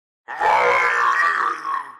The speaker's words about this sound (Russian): Глядя, как два воплощения Горка и Морка спускаются на поле боя, орки издали оглушительный вопль радости.